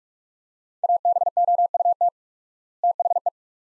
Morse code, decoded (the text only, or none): ABOUT THE